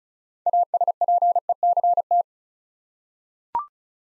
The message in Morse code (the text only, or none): ASPECT